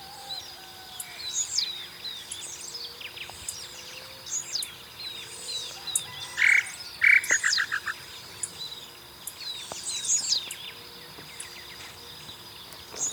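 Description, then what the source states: Tataupa Tinamou call: two firm whistled notes, then a quick run of shorter notes that speeds up and fades. High insect and bird chatter runs throughout. Recorded in Ecuador.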